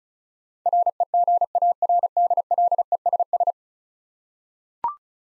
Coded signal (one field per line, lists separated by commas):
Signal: Morse code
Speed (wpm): 34 wpm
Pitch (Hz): 700 Hz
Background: none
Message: REGARDLESS